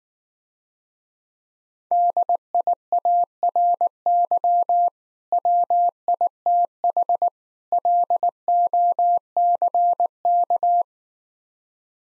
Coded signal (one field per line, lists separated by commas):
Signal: Morse code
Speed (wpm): 19 wpm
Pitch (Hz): 700 Hz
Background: none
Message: DIARY WITH LOCK